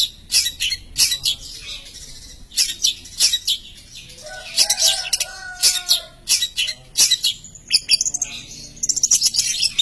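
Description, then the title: Long-tailed shrike song of sharp high chips and harsh bursts interspersed with softer warbled phrases, irregular and busy throughout. Champion songbird. "Kicau Burung Cendet Juara"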